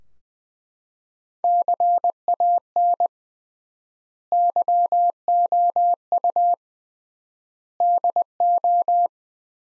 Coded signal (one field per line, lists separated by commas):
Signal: Morse code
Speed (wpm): 20 wpm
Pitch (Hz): 700 Hz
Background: none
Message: CAN YOU DO